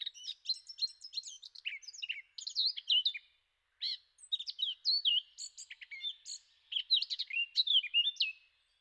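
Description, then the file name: Eurasian blackcap song: two bursts of quick, chattering warble interspersed with pure fluting whistles, separated by a brief silence. "zwartkop"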